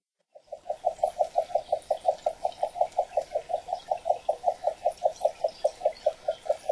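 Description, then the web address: Columbia spotted frog giving a steady series of rapid, low knocking pulses, continuing throughout. Recorded in North America. "Songs of Frogs Toads of North America. Columbia Spotted Frog"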